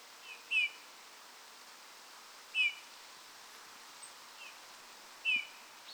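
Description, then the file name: Eurasian bullfinch uttering plaintive downward-sliding piping notes every two to three seconds, with softer faint notes in between against a steady low background hiss. "Pyrrhula pyrrhula"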